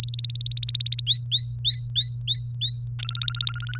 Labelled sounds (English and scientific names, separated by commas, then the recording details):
Domestic Canary (Serinus canaria) song
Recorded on 30 April 2018 at 05:46
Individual llb3